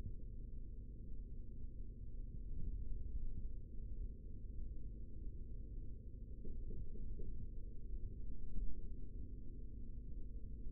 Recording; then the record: forearm muscle sounds (acoustic myography)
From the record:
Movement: rest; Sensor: system 3, bracelet of six PUI Audio POM-2738L microphones around the upper forearm, with dedicated amplification and filtering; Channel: 4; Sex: male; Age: 56 years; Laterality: right